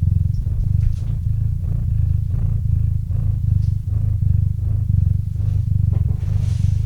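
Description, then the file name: Domestic cat purr, deep and continuous, swelling with each breath in a regular cycle, a faint hiss near the end. Domestic cat named Murchik purring into a microphone. "Kot Murchik - Murchanie kota kot murchal v mikrofon"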